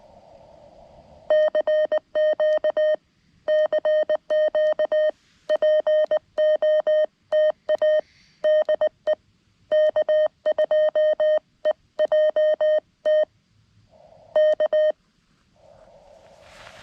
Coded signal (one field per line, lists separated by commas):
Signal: Morse code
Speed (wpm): 20 wpm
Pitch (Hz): 620 Hz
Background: none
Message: CQ CQ POTA DE K2EJT K